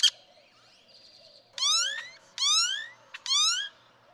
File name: Great-tailed Grackle